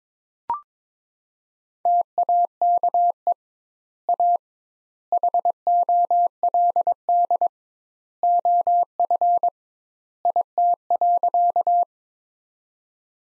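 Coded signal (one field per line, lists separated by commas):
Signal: Morse code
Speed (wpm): 22 wpm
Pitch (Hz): 700 Hz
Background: none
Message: TAKE A HOLD OF IT.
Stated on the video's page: Morse practice at 22 wpm: sentences from the top 400 words sent with 2x standard word spacing, a word-based Farnsworth-like method.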